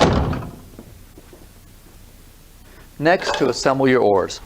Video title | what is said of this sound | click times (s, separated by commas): Sea Eagle Stealth Stalker | You should hear it lock securely into place. | 0.0 s